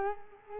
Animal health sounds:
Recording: mosquito wingbeat signal from an infrared sensor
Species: Culex quinquefasciatus

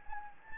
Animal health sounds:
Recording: mosquito wingbeat signal from an infrared sensor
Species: Anopheles gambiae

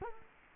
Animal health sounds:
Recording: mosquito wingbeat signal from an infrared sensor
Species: Culex quinquefasciatus

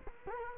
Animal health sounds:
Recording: mosquito wingbeat signal from an infrared sensor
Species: Culex quinquefasciatus

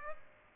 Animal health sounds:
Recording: mosquito wingbeat signal from an infrared sensor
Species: Aedes aegypti

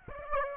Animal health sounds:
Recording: mosquito wingbeat signal from an infrared sensor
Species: Aedes aegypti

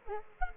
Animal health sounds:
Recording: mosquito wingbeat signal from an infrared sensor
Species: Aedes aegypti

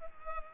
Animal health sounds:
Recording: mosquito wingbeat signal from an infrared sensor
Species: Culex pipiens

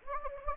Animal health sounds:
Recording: mosquito wingbeat signal from an infrared sensor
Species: Anopheles gambiae

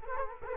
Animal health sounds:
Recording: mosquito wingbeat signal from an infrared sensor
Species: Culex quinquefasciatus

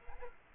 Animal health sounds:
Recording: mosquito wingbeat signal from an infrared sensor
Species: Aedes aegypti

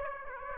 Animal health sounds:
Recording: mosquito wingbeat signal from an infrared sensor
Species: Aedes aegypti

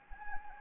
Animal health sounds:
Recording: mosquito wingbeat signal from an infrared sensor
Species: Anopheles gambiae

